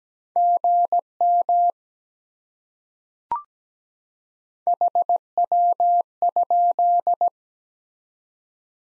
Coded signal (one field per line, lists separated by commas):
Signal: Morse code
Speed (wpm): 17 wpm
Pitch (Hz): 700 Hz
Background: none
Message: GM HW?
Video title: Top 20 QSO Elements 17wpm